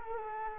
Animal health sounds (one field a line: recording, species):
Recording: mosquito wingbeat signal from an infrared sensor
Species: Culex quinquefasciatus